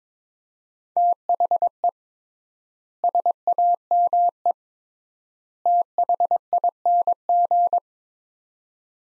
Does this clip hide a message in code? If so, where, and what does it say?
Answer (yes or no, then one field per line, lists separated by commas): yes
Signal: Morse code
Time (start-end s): 1.0-7.8 s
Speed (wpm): 22 wpm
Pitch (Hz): 700 Hz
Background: none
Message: THE SAME THING